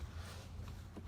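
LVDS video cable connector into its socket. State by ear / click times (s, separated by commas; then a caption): not seated / none. An LVDS video cable connector for the front camera module of a 2019–2022 Chevy Silverado or GMC Sierra is handled as it goes back up toward its original socket. Only low, steady handling noise is heard, with a faint brief tick near 0.7 s. Nothing has seated or clicked yet.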